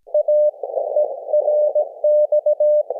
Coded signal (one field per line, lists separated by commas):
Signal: Morse code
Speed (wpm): 20 wpm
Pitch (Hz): 600 Hz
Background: none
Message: A E RX